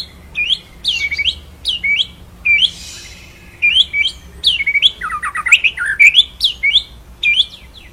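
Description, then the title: White-rumped shama song of varied looping whistles and harsh notes, including a descending series of slurred notes. Masteran, a training song played for songbirds to learn; full rolling song with shooting phrases. "Masteran Murai Batu Full Ngerol Nembak"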